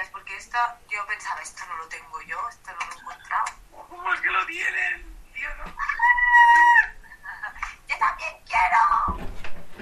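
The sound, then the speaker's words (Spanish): A high, piercing bird call like a chick or rooster rings out in sustained tonal bursts, loudest midway, while people talk over and around it. “Se ha despertado el pollito.”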